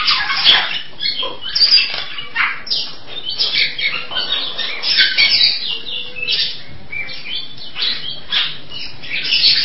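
Nias hill myna song, a dense, lively jumble of chirps, squawks and sharp whistled notes poured out without pause for the whole stretch.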